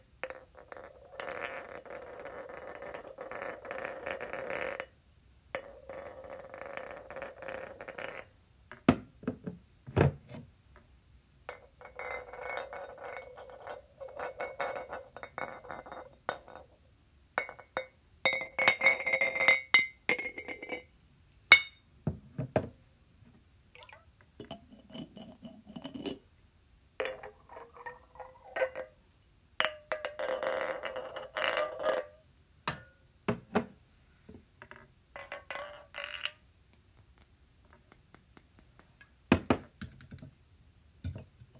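Glass being tapped and scratched, with bursts of clinking and ringing tones that hang briefly before cutting off. The activity comes in uneven clusters separated by short silences, some taps sharp and bright, others softer, with a few scraping passes mixed in.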